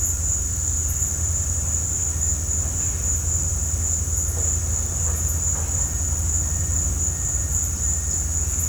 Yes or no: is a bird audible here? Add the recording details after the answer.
no. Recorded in pastures near Puerto Asís, Putumayo, Colombia, on 18 December 2024 at 16:30. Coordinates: 0.466, -76.322. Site G040